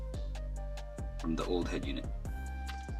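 A plastic dash retaining clip taken from the old head unit is handled against the panel of a new RoadAnvi CarPlay/Android Auto head unit for a 5th-gen 4Runner, with soft ticks and taps over steady background music while someone talks. Nothing has seated or clicked yet; the clip ends before the part goes home.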